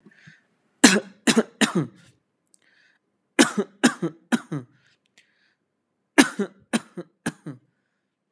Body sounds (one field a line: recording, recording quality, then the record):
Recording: heavy voluntary cough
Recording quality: excellent, no background noise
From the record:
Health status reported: healthy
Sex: male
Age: 26 years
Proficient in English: yes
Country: India